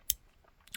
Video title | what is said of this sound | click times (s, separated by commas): ADV Tactical Pitboss 2 - GIANT button lock TACTICAL knife!!! | it's got a very positive click you know it doesn't really open by accident per se | 0.1 s